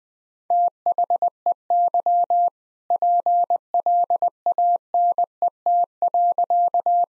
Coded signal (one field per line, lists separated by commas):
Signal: Morse code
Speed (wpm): 21 wpm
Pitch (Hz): 700 Hz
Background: none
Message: THEY PLANET.